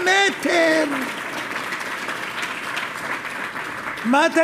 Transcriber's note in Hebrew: מחיאות כפים